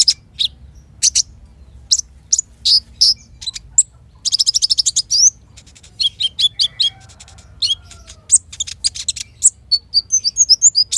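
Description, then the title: Van Hasselt's sunbird song, a long run of high sharp chips, a fast rattling trill and quick twittering phrases over a low hum. Steady, vigorous song of a Van Hasselt's sunbird, used to lure and provoke caged birds into answering and as therapy for them. "KOLIBRI NINJA KONIN IJOAN GACOR COCOK UNTUK PANCINGAN TERAPI KONIN BAHAN PASTI NYAUT"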